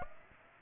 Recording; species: mosquito wingbeat signal from an infrared sensor; Aedes aegypti